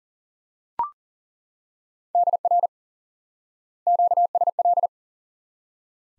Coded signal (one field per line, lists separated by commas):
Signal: Morse code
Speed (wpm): 40 wpm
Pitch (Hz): 700 Hz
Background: none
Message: DR QSL